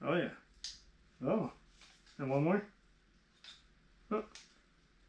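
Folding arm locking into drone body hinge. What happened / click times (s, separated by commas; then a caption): The arm is being handled and has not yet locked into place / none. Someone talks while handling the last folding arm of a Parrot ANAFI small camera drone, swinging it out toward its unfolded position at the hinge in the drone body, with a few short, sharp handling sounds between the words. Nothing has clicked or seated yet; the arm is not yet locked in place.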